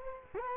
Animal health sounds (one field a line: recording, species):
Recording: mosquito wingbeat signal from an infrared sensor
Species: Culex quinquefasciatus